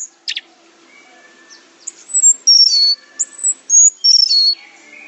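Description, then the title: Orange-headed thrush giving a short sharp note, then after a quiet pause several clear, high drawn-out whistles, some falling in pitch. "Anis Merah"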